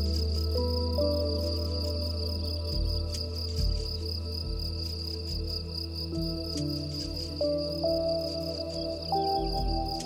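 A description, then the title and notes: Gentle music of slow, sustained low tones shifting every few seconds plays over a steady, high chirring of crickets in a calm outdoor setting. Tranquil MOUNTAIN Ambience with Gentle MUSIC. This 2-hour episode features the calming sounds of the mountains accompanied by gentle, soothing music.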